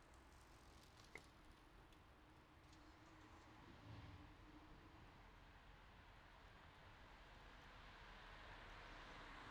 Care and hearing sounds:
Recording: everyday scene through a hearing-aid microphone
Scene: in traffic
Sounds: traffic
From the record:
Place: city secondary road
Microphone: in the ear canal, left

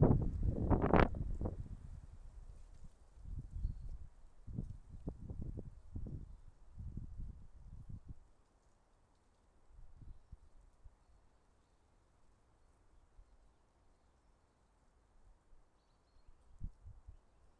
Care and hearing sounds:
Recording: everyday scene through a hearing-aid microphone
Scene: wind on the microphone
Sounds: wind, traffic, birds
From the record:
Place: suburban garden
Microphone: behind the ear, left, front

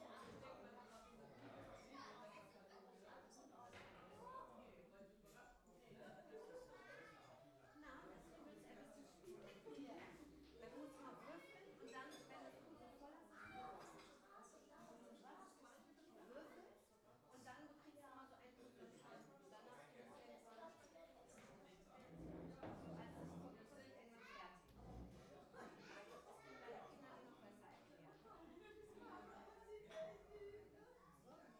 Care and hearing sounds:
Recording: everyday scene through a hearing-aid microphone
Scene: many people talking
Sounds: many voices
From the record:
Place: parish hall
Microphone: behind the ear, right, front

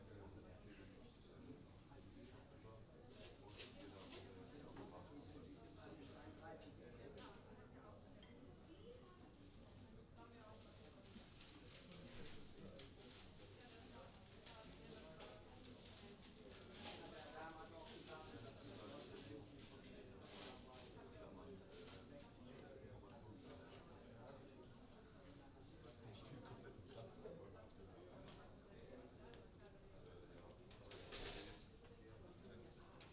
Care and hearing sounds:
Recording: everyday scene through a hearing-aid microphone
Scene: many people talking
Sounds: many voices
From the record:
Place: university cafeteria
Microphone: in the ear canal, right

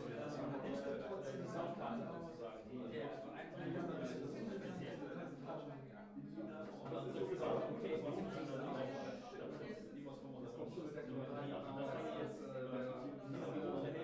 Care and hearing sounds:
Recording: everyday scene through a hearing-aid microphone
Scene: many people talking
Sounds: many voices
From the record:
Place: bistro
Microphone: behind the ear, right, rear

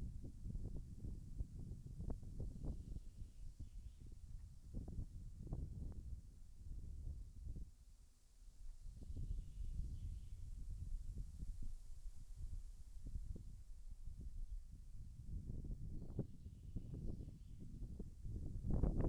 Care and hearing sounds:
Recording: everyday scene through a hearing-aid microphone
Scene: wind on the microphone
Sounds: wind, birds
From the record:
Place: in front of a rural house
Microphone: behind the ear, left, rear

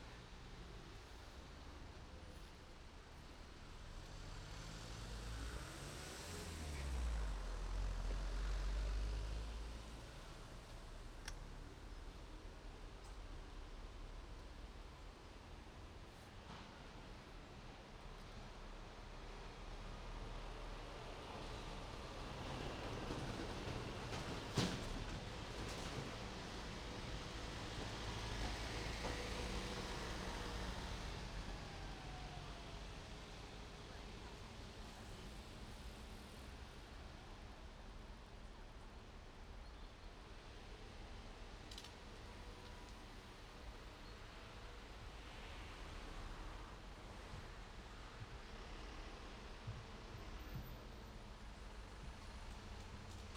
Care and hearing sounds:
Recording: everyday scene through a hearing-aid microphone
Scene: in traffic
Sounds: traffic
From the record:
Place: main road on the outskirts, rush hour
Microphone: in the ear canal, right

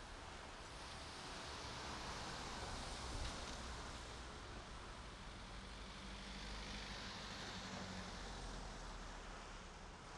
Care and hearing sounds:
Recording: everyday scene through a hearing-aid microphone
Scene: in traffic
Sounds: traffic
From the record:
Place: main road on the outskirts, rush hour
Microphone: in the ear canal, right

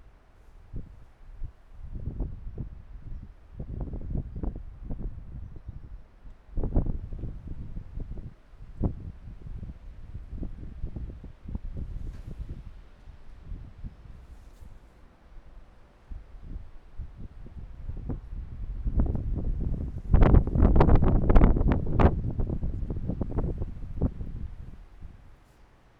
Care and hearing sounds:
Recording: everyday scene through a hearing-aid microphone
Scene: wind on the microphone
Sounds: squally wind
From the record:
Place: parking lot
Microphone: behind the ear, right, rear

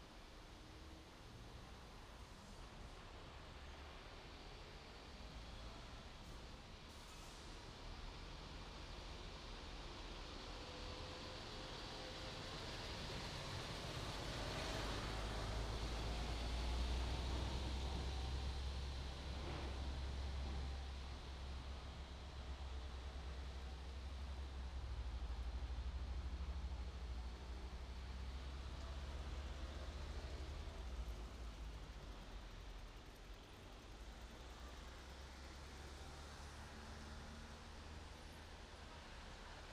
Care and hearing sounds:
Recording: everyday scene through a hearing-aid microphone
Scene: in traffic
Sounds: traffic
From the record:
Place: main road on the outskirts, rush hour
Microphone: in the ear canal, right

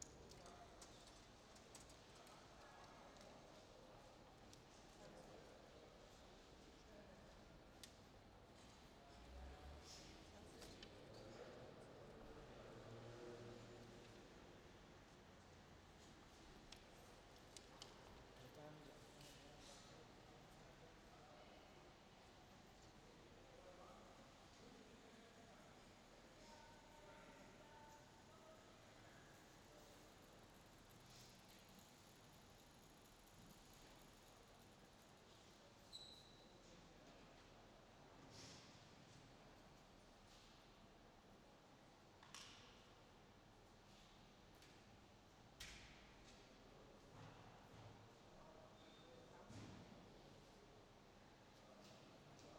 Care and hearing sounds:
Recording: everyday scene through a hearing-aid microphone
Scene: reverberant space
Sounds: background noise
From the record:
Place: railway station hall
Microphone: in the ear canal, left

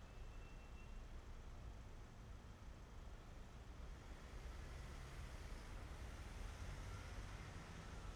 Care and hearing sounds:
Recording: everyday scene through a hearing-aid microphone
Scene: in traffic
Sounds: traffic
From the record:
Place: main city hub, rush hour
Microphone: behind the ear, right, front

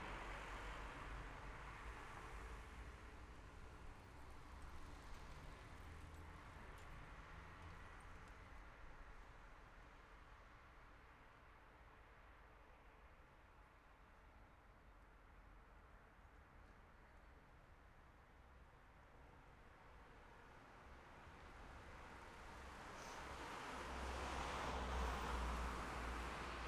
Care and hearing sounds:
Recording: everyday scene through a hearing-aid microphone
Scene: in traffic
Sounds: traffic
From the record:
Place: city secondary road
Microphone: behind the ear, left, front

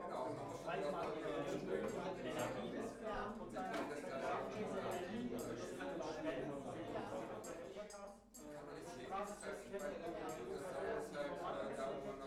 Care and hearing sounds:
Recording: everyday scene through a hearing-aid microphone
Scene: many people talking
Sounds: many voices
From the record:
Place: bistro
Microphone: behind the ear, left, rear

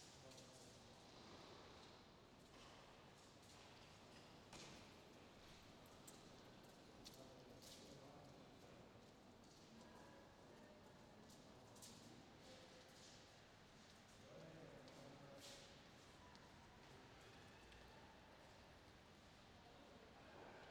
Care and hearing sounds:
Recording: everyday scene through a hearing-aid microphone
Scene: reverberant space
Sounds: background noise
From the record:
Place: railway station hall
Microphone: in the ear canal, left

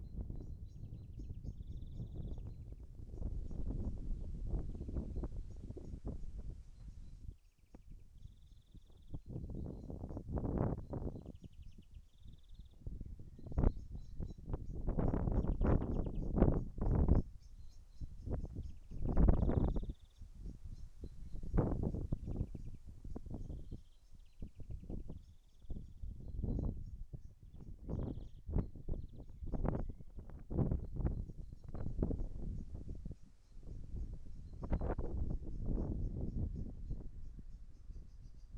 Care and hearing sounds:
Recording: everyday scene through a hearing-aid microphone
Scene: wind on the microphone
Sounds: wind, birds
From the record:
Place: in front of a rural house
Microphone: behind the ear, right, rear

